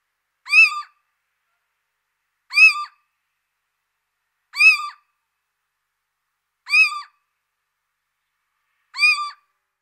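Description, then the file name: Little owl calling: five short, mewing notes, each slightly bent, repeated evenly about every two seconds against silence. "Cheveche-d Athena"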